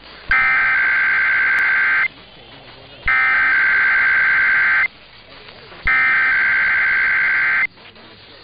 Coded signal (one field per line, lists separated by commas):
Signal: Emergency Alert System (SAME) tones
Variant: header bursts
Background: speech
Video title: [EAS #1462-#1463] Sunday Morning Weekly Tests